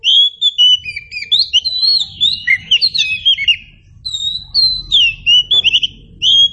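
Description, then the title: Oriental magpie-robin song: a lively stream of sweet, slurred whistles in short notes, with brief pauses and soft low background hum. Local name kacer; meant to prompt a bird to sing in reply. "Nyaut Kacer"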